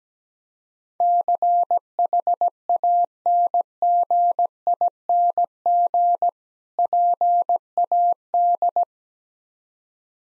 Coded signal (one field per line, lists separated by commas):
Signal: Morse code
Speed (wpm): 17 wpm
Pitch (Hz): 700 Hz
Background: none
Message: CHANGING PAD